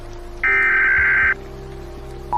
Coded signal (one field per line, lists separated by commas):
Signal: Emergency Alert System (SAME) tones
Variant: header bursts